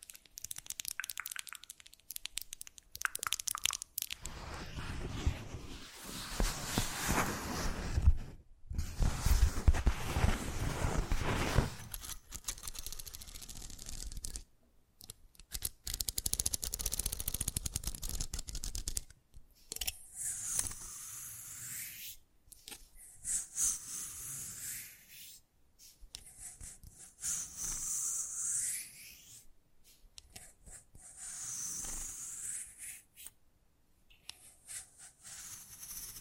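Fast, unpredictable ASMR triggers change every few seconds, from scratchy rubbing and crinkling bursts to dense rustling near the middle. Abrupt silences cut between sections. After about twenty seconds, repeated brighter swooshing sweeps rise and fall at a steady pace.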